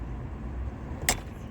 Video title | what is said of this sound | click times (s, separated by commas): Stihl BR340 teardown and rebuild | If you heard that snap, that means nobody else has taken this apart before. | 1.1 s